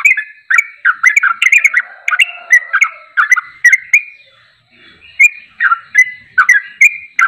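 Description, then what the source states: Yellow-vented bulbul singing bright, gurgling whistled phrases in a dense burst, then a short pause before spaced, clearer notes resume. Champion (juara) bird singing in tembakan style, used for masteran training.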